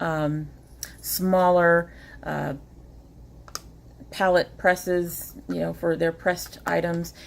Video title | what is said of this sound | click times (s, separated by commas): ColourPop Week, Day 5: Cheeky Bits | you have the same kind of packaging it has the nice click of all of their | 3.5 s